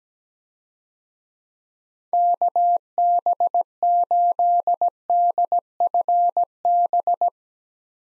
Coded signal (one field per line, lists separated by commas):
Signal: Morse code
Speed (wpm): 17 wpm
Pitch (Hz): 700 Hz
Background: none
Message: KB8DFB